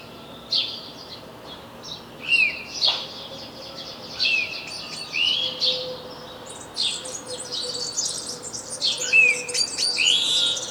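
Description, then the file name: House sparrow chirps, short scattered bursts with a few brief curved notes mixed in, over a steady hum. "Passer domesticus"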